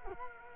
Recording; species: mosquito wingbeat signal from an infrared sensor; Culex quinquefasciatus